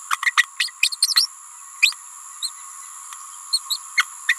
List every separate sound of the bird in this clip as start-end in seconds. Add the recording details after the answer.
0.10-0.17, 0.22-0.32, 0.37-0.46, 0.59-0.73, 0.82-0.90, 0.92-0.97, 1.16-1.27, 1.82-1.94, 2.42-2.50, 3.52-3.59, 3.69-3.78, 3.97-4.05, 4.28-4.35. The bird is a female. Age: 28 days. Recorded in a nest box in Venezuela. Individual 17B31A3